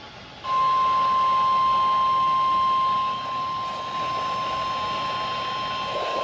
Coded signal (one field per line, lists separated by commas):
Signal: Emergency Alert System (SAME) tones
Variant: 1050 Hz attention tone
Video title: WTF was that ffw issuance? EAS Alerts from 7/10/2026 (EAS 565-580)